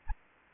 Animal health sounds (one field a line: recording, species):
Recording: mosquito wingbeat signal from an infrared sensor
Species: Anopheles arabiensis